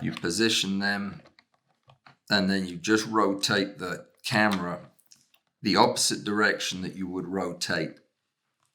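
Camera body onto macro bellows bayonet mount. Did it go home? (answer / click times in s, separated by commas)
no / none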